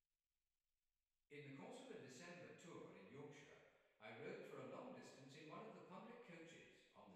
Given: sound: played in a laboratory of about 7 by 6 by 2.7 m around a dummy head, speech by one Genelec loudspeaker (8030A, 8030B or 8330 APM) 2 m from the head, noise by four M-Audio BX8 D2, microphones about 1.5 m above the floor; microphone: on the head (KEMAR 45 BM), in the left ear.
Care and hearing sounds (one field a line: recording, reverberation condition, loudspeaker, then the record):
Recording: male speech in English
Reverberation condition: high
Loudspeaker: 90 degrees to the right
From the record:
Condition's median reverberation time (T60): about 1300 ms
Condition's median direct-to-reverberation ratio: about -4.0 dB